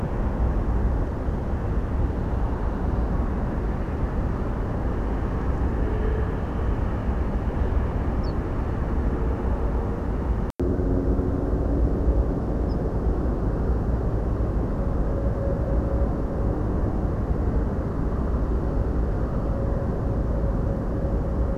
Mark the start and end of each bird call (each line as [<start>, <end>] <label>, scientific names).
[8.22, 8.33] Emberiza hortulana
[12.68, 12.75] Emberiza hortulana